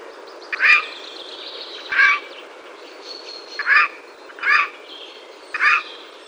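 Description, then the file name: Eurasian jay giving five short, hoarse, somewhat nasal calls, other birds faintly calling around it. "Garrulus glandarius"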